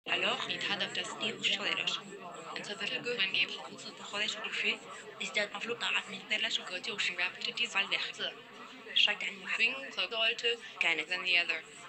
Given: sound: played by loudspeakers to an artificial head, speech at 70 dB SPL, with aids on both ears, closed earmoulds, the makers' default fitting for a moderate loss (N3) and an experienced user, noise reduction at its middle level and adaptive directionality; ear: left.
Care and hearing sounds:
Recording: speech test signal (ISTS) in cocktail-party noise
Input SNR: -3 dB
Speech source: in front (0 degrees)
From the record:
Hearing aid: class 1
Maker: I

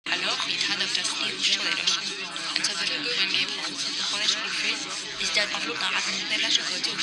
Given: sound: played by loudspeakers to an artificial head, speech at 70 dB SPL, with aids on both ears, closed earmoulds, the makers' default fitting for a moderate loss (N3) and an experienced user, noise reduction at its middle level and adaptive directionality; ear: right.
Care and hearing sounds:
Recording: speech test signal (ISTS) in cocktail-party noise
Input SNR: -6 dB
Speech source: on the right (90 degrees)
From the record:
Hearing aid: class 1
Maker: B

